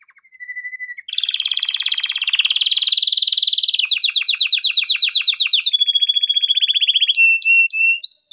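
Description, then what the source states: Canary song opening with a level whistle, then long rapid trills, a chopped rattling tour, a steady whistled tone and sharp high notes at the end. Song intended for training canaries.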